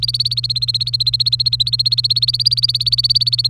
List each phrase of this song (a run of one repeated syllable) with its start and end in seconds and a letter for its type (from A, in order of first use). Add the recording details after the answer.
0.00-3.50 A. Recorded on 1 May 2018 at 07:16. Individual llb3